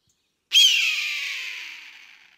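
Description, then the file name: Eagle scream: after a short silence, one loud, harsh, high cry that starts abruptly and fades out over about two seconds. "Tieng Dai Bang keu"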